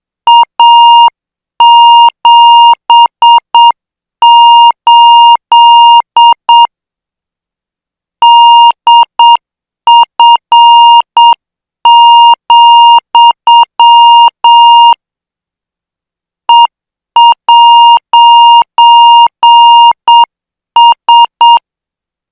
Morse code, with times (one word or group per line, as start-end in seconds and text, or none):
0.3-6.7 A78
8.2-14.9 DF,
16.5-21.6 E'S